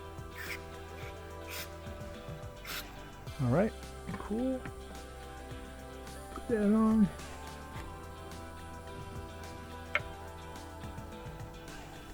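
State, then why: Seated. On a GMC Yukon, a rubber ignition coil boot is pushed down onto a freshly installed spark plug in the engine cylinder head while someone talks over background music. A sharp click at 10.0 s marks the boot snapping onto the plug terminal, and it is seated.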